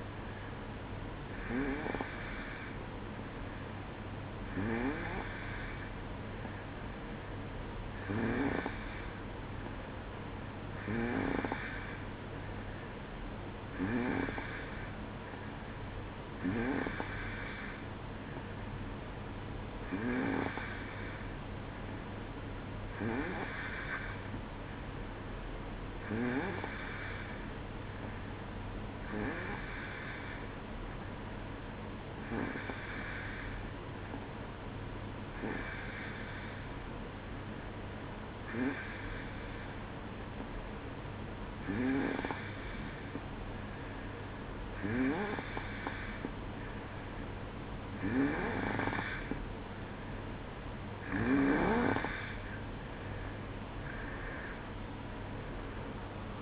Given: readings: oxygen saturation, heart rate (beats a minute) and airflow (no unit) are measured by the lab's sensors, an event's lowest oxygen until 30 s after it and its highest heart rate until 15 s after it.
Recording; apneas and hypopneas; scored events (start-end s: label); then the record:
breathing in sleep by a voice recorder at the bedside; none
53.00-56.41 s: new sleep stage, N1 (lightest sleep)
From the record:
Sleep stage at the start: N2 (light sleep); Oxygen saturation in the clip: 90 to 92%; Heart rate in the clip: 62 to 70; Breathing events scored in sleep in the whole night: 305 in 9.6 hours asleep